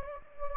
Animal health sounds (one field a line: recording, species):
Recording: mosquito wingbeat signal from an infrared sensor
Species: Anopheles gambiae